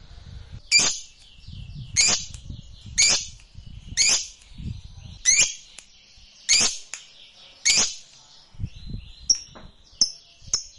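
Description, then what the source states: Lovebird repeating short, shrill squeaky chirps roughly once a second, with soft low rustling sounds underneath. Fighter-type lovebird, singing energetically (gacor).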